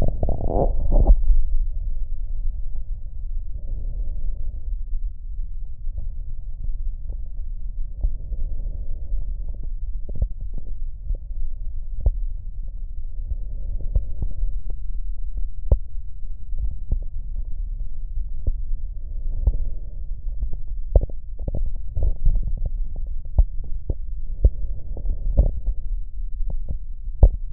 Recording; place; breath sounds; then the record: lung sounds by stethoscope; right posterior middle chest; normal breath sounds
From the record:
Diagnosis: none (healthy); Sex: male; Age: 50 years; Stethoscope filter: extended mode, 50 to 500 Hz